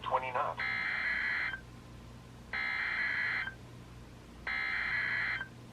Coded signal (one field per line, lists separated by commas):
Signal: Emergency Alert System (SAME) tones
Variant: header bursts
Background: speech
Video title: EAS #43-#45: Marine Warning Trifecta | KHB36